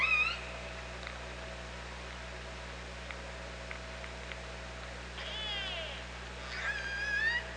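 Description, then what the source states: Orca calls, a brief call at the start, then a quiet stretch with faint clicks, then two clearer harmonic calls near the end, over steady low hum and hiss. Recorded at OrcaLab on 24 August 2017 at 07:50.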